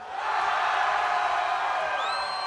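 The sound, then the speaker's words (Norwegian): A crowd shouts and cheers together to vote for the best parody, in one loud, sustained roar of mixed voices and whoops measured at 100.8 decibels, holding steady for a couple of seconds before a few higher whistles or shrieks rise at the end. “Den som syns at Bjarte hadde den beste parodien, roper nå!”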